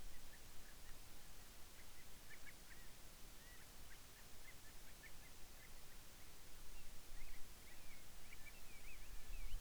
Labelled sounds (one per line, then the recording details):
bird
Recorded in the Arctic National Wildlife Refuge, Alaska, on 10 July 2019 at 18:06
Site 44